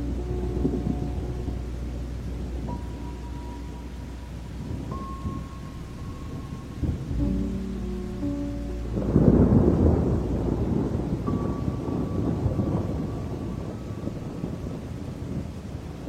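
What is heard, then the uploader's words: Music plays over storm sounds, with sustained held tones shifting pitch every few seconds above a low, steady rumble. Around the ninth second the rumble swells into a louder, rolling burst of thunder that fades slowly, while a hiss of rain continues underneath throughout. Music with the sounds of storms. Music with THUNDER.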